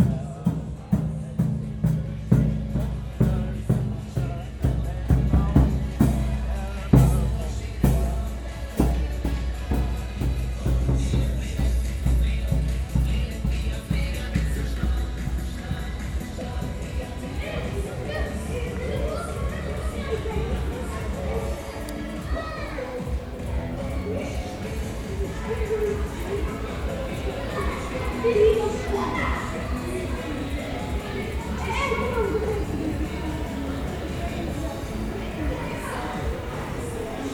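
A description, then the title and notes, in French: A walk through Belgian sound spaces. For the first fifteen seconds or so, regular heavy thuds land about once a second over a deep rumble. These then fade, leaving overlapping voices and murmured talk, with quick faint ticks running throughout. C’est une marche traversant des espaces sonores Belges.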